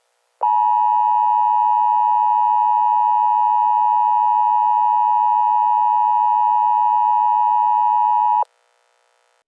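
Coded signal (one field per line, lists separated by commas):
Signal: Emergency Alert System (SAME) tones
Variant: 853 and 960 Hz attention tone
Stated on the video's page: Fictional EAS scenario based on the game Sprunki.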